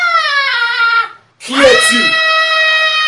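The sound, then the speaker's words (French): A woman's daughter lets out two long, loud, high-pitched screams during a prayer in the name of Jesus of Nazareth, separated by a brief silence, the second harsher and rising before holding a strained, wailing tone. “Si, c'est pas votre fille qui vient de crier comme ça.”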